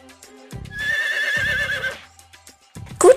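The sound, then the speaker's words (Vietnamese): A horned horse, the leader of its herd, lets out a loud, drawn-out whinny lasting over a second, its shrill harmonic tone wavering up and down, with lower snorting bursts before and after and a sharp final squeal. “Ngựa sừng đầu đàn.”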